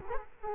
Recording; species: mosquito wingbeat signal from an infrared sensor; Culex quinquefasciatus